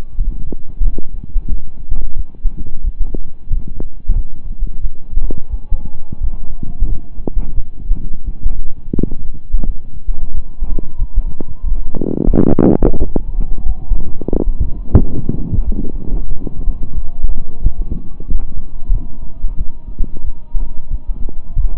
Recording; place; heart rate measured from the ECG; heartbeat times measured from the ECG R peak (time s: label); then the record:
heart sounds by stethoscope; between the tricuspid and mitral areas; 90 bpm
0.15 s: heartbeat
0.81 s: heartbeat
1.47 s: heartbeat
2.14 s: heartbeat
2.82 s: heartbeat
3.48 s: heartbeat
4.13 s: heartbeat
4.79 s: heartbeat
5.48 s: heartbeat
6.18 s: heartbeat
6.86 s: heartbeat
7.53 s: heartbeat
8.22 s: heartbeat
8.93 s: heartbeat
9.64 s: heartbeat
10.32 s: heartbeat
10.96 s: heartbeat
11.61 s: heartbeat
12.28 s: heartbeat
12.96 s: heartbeat
13.63 s: heartbeat
14.29 s: heartbeat
14.97 s: heartbeat
15.63 s: heartbeat
16.27 s: heartbeat
16.92 s: heartbeat
17.60 s: heartbeat
18.26 s: heartbeat
18.90 s: heartbeat
19.55 s: heartbeat
20.22 s: heartbeat
20.88 s: heartbeat
21.54 s: heartbeat
From the record:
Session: slow and fast walking with breaks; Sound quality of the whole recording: saturated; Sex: male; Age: 25 years